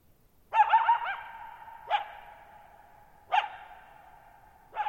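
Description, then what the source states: Coyote with a quavering howl then three sharp barks roughly one and a half seconds apart, each leaving a long even echo. Lone coyote, wild, calling at night on July 14, 2019, Thirtymile Meadows, Okanogan National Forest, Okanogan High Country at 1950 m; dry plateau, bowl-shaped meadow, boggy ground, long natural reverberation.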